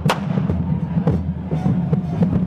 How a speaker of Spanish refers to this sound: Esos cohetes para ellos son felicidad. Para nosotros son recuerdos de los videos de cómo atacaron a nuestros hijos, de los videos que lograron grabar pidiendo por favor, ya no disparen. Ya no disparen, somos estudiantes.